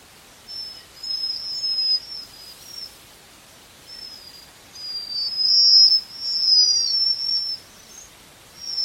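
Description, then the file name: Japanese waxwing giving very high, thin trilled notes in repeated bursts of up to a little over a second, over constant faint hiss. "Canto da japanese Waxwing"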